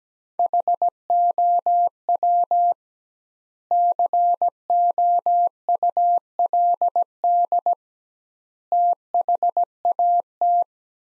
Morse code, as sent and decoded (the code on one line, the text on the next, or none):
.... --- .-- / -.-. --- ..- .-.. -.. / - .... .- -
HOW COULD THAT